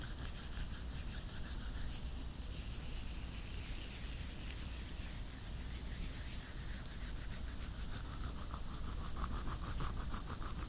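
Latex gloves rub together in a steady, dense stream of squeaky, rubbery friction. Quick regular strokes give a fast pulsing texture with bright hissing edges, most distinct in the second half, over a constant low hum underneath.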